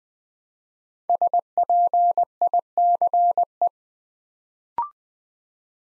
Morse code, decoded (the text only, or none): SPICE